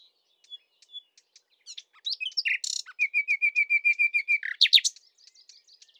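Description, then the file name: Common nightingale song: soft scattered notes, then a loud burst and a steady run of repeated whistled notes, ending in a sharp flourish and quiet ticks. "Luscinia megarhynchos"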